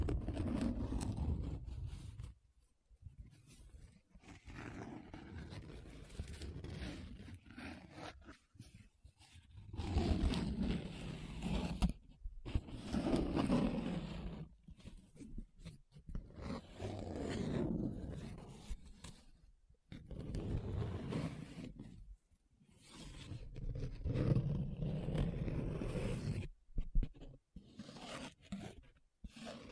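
Paper being rubbed, scratched and traced in long, coarse strokes, each a dense rasping hiss that swells and fades. The bursts run a few seconds apiece, broken by short silent gaps near 3, 12, 20 and 26 seconds, with a low rumble under the louder passes.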